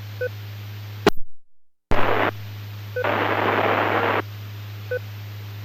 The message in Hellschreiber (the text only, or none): none